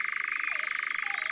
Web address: Engoulevent-d Europe. abc de la nature